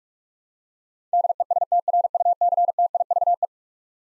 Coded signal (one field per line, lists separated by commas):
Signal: Morse code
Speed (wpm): 42 wpm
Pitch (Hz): 700 Hz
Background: none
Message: DESTRUCTIVE